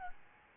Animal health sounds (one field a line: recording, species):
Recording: mosquito wingbeat signal from an infrared sensor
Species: Aedes albopictus